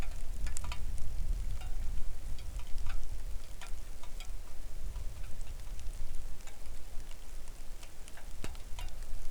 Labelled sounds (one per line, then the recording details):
wind
rain
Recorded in the Arctic National Wildlife Refuge, Alaska, on 3 August 2019 at 09:45
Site 41